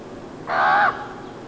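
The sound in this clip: Common raven giving a single harsh croak.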